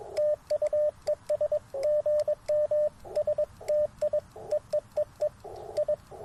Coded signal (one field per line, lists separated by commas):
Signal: Morse code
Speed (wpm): 21 wpm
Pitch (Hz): 600 Hz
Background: radio noise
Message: TU ES GM STI EEEE I